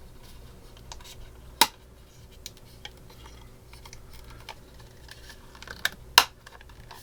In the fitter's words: the door itself and it should snap in place four spots